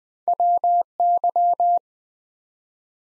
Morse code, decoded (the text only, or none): WY